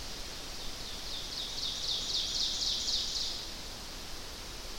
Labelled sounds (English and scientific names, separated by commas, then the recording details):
Ovenbird (Seiurus aurocapilla) song
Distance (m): 55 m
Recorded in boreal forest in Alberta, Canada, on 12 June 2016 at 07:16
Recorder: SongMeter 3, array SBT-3-18
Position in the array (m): 240 m, 83 m
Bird 31